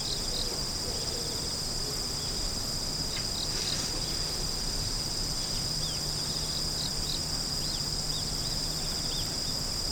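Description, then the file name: Insect song formed by stacked, unbroken high-pitched buzzing tones, steady from start to end, with faint chirps and a low hum beneath. "singing of insect"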